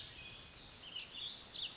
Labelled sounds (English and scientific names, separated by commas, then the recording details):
Warbling Vireo (Vireo gilvus)
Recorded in Sonoma County, California